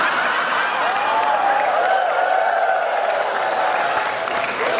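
Steady hand clapping from a group fills the whole stretch, a dense continuous patter with faint voices and a few wavering vocal sounds riding over it.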